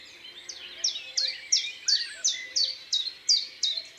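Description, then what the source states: Common chiffchaff song: sharp, high, downslurred notes repeated about three times a second in a steady run, with softer birdsong and thin tones lower in the background. Recorded in Isère, France.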